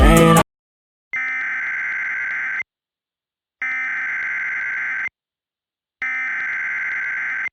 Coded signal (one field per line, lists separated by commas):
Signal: Emergency Alert System (SAME) tones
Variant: header bursts